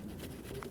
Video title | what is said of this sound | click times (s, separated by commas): How to Replace Front Wiper Blades 2015-2024 Jeep Renegade | Slide this down in. You'll hear it lock in. | 0.6 s